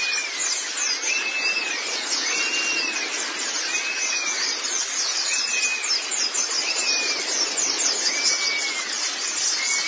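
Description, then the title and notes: White-eye high twittering runs nonstop, while an arched whistled note recurs at a lower pitch. "Kicauan Burung Pleci Durasi Panjang. Suara kicauan burung pleci"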